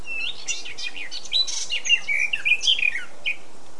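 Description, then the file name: Eurasian blackcap song, a rapid run of varied warbled and whistled notes, rising and falling, lasting about three seconds over a quiet hiss. "Sylvia atricapilla"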